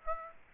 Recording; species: mosquito wingbeat signal from an infrared sensor; Aedes aegypti